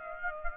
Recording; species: mosquito wingbeat signal from an infrared sensor; Aedes aegypti